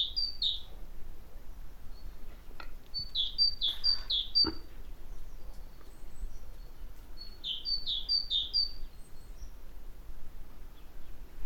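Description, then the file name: Great tit song: three separate bouts of brisk, repeated two-note phrases, high then lower, with a few faint clicks and low rumble between them. "Parus major"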